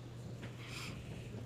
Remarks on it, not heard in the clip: Can you hear Oreo snoring? We have an English bulldog and she is snoring right next to us.